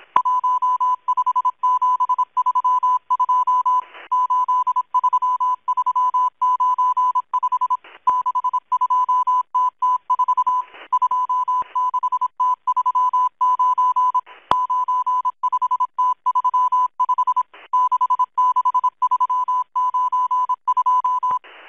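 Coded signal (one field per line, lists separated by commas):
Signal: Morse code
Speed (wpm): 26 wpm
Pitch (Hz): 1000 Hz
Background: none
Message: 15732 83395 62TT4 26T39 95T35 66392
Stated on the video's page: Russian Morse numbers station M12 on 11144 kHz using cut zero, received on an online WebSDR.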